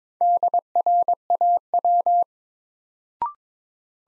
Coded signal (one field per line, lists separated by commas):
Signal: Morse code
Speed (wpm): 22 wpm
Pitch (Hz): 700 Hz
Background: none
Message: DRAW